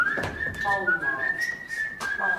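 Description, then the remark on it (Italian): A person whistles a song melody, a clear, fairly high tone that stays mostly level with small pitch shifts and brief breaks between notes, over light background noise. “Però, ecco, però, se senta vino al merlo la fischietta, è mi come lui, no?”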